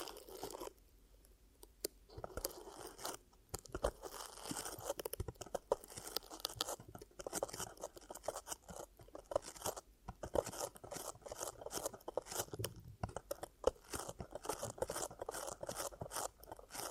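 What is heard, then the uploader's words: Muffled ear-cupping sounds: hands press and rub over the microphone, making dense crackly rustles and soft pops that come in irregular bursts throughout. Brief quieter gaps break the sound now and then. ASMR 10 Ear Cupping Triggers for Deep Sleep & Relaxation (No Talking).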